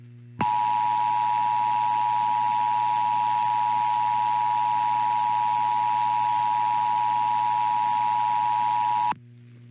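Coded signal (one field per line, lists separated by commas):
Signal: Emergency Alert System (SAME) tones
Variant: 853 and 960 Hz attention tone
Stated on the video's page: Monthly tests and a NOAA Weather Radio weekly test.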